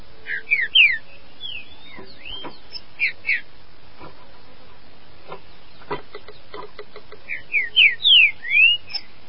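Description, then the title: Green-winged saltator singing clear whistled phrases of quick rising and falling notes, a group early and a longer phrase near the end, with scattered clicks and knocks. "Trinca Ferro"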